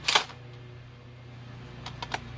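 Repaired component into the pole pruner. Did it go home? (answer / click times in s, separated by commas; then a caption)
yes / 0.1 s. A repaired component is pushed into place on a Stihl PP800 pole pruner, which only clicks in if the gap is correct. A loud, sharp double click at 0.1 s shows the part seating, followed by a steady low hum and a few quieter clicks near 1.9, 2.0 and 2.1 s. The part is confirmed clicked in and seated.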